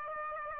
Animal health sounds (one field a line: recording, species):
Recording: mosquito wingbeat signal from an infrared sensor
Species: Aedes aegypti